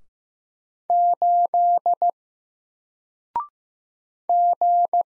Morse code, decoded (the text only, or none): 8 G